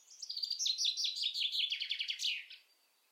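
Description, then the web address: Common chaffinch song: bright, accelerating phrases of repeated notes stepping down in pitch, closing with a sharp terminal flourish. "Deverinetal"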